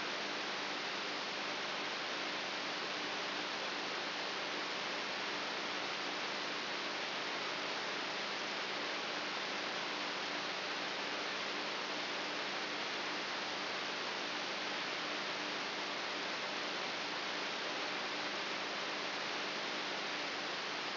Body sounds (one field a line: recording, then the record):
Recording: brain microelectrode recording played as sound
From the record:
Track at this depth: inside the subthalamic nucleus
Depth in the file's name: 1.84 mm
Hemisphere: right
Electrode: 3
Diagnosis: Parkinson's disease